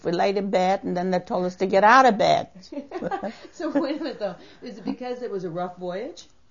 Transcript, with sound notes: We laid in bed, and then they told us to get out of bed. ( they laugh )
Wait a minute, though. Was it because it was a rough voyage?